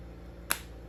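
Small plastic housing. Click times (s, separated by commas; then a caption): 0.5 s. The two plastic halves of a 2017 Mercedes Sprinter van's remote key fob are pressed back together after a new battery is fitted positive side up. A single sharp, bright click at 0.5 s rises out of a quiet, low-humming background. The housing snaps shut and is fully seated.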